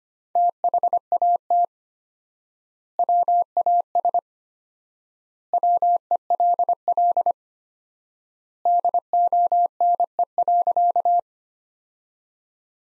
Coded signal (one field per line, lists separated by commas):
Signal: Morse code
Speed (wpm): 25 wpm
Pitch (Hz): 700 Hz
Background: none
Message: THAT WAS WELL DONE.